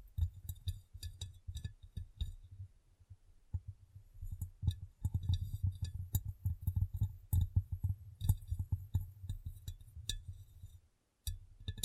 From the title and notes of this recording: ASMR Glass Brain Tapping & Cleaning (No Talking).